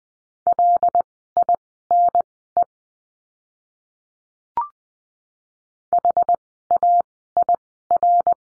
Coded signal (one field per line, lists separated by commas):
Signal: Morse code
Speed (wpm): 20 wpm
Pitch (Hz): 700 Hz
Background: none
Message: LINE HAIR